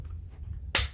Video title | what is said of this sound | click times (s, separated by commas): DEAD FOOT ARMS GREX BRACE!! | you snap back in place you hear that clap so he's moving through a house doing cqb you clack | 0.8 s